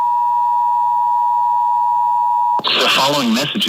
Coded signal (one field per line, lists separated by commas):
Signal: Emergency Alert System (SAME) tones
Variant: 853 and 960 Hz attention tone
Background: speech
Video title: A SURPRISE CAE...FROM CAE... EAS Alerts from 10/5/19 (EAS #3,360 - 3,365)